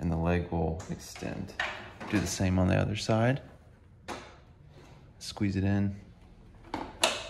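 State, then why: Seated. Someone talks while squeezing the plastic handle on a DeWalt heavy duty miter saw stand, and the telescoping metal leg extends. At 7.0 s a sharp clack is heard as the leg locks into its extended position and seats in place.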